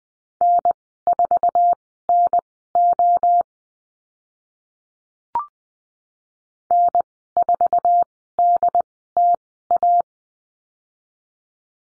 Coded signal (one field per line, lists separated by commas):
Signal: Morse code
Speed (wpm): 20 wpm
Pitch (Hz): 700 Hz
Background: none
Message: N4NO N4DTA